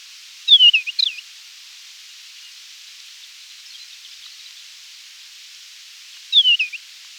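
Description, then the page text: Desert wheatear song: two short phrases of descending whistled notes with a brief scratchy ending, about six seconds apart, over a faint steady hiss. "Desert Wheatear Song 1. Quick Sounds"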